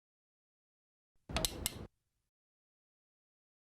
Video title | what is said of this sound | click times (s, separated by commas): Overview of the HeartStart MRx monitordefibrillator | and insert the battery until you hear it click into place | 1.5 s, 1.7 s